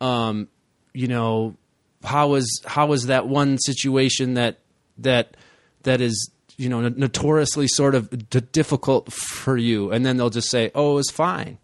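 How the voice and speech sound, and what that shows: Conversational adult speech with several part-word and whole-word repetitions, such as "how is, how is" and "that... that... that is," separated by short pauses, with a stretched "you know." These repetitions and hesitations fit stuttering, though most of the phrase flows fluently.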